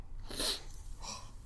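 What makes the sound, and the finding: Adult man, off-microphone. Sneeze.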